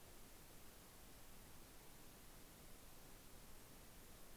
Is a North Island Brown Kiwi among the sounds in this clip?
no